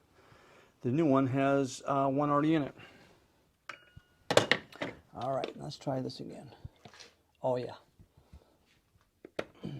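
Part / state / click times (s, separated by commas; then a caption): power steering reservoir into its mounting bracket on the car / seated / 9.2 s, 9.4 s. A new plastic power steering reservoir is pushed into its mounting bracket on the car on a second try while someone talks. Scattered knocks and handling sounds come around 3.7–4.8 s. Sharp clicks at 9.2 and 9.4 s mark the reservoir popping into place and seating.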